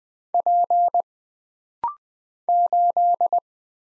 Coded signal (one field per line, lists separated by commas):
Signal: Morse code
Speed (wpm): 20 wpm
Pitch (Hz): 700 Hz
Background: none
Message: P 8